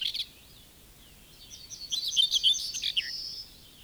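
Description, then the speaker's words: Common whitethroat giving a scratchy, jumbled phrase of quick, high notes ending in a brief thin whistle, after a clipped snatch of song at the start. A fairly lively singer whose cheerful phrase is heard from bushes at the edges of fields. "Seuraavaksi esittelemme Pensaskertun, joka on jo aika reipas laulaja."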